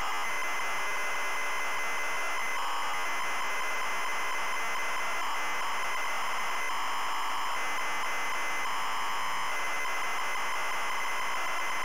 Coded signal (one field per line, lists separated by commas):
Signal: ZX Spectrum tape loading